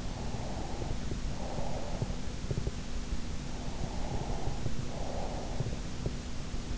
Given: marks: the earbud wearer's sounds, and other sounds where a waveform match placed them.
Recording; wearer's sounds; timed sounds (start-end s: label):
sounds in sleep by an in-ear microphone; breath
0.25-2.27 s: breath
3.97-5.81 s: breath